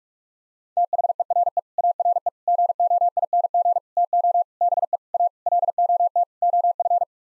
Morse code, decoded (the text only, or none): THERE ARE GOING TO BE A LOT OF